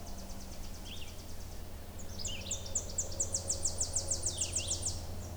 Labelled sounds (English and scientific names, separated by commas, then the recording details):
Red-eyed Vireo (Vireo olivaceus) song
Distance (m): 60 m
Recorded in boreal forest in Alberta, Canada, on 26 May 2016 at 07:05
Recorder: SongMeter 3, array SBT-3-15
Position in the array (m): 123 m, 90 m